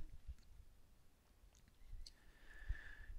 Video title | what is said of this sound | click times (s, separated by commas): Assembling an Arduino Case - A Visual Guide to Crib for Arduino | and it'll snap in you'll hear kind of a soft click when it snaps in | 2.1 s